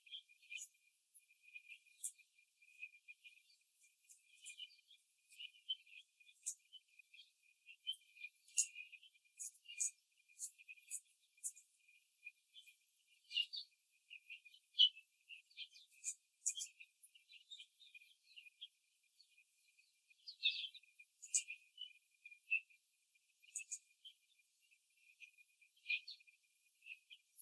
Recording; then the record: young laying hens in a cage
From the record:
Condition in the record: before the stressor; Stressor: simulated dog barking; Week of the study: 3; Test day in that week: 2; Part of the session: 3